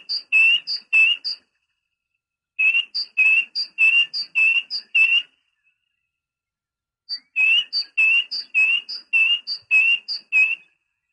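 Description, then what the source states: Great tit song: bright alternating high and low whistled notes, repeated in three rhythmic bursts with short pauses. Training recording (suara masteran) used to teach songbirds.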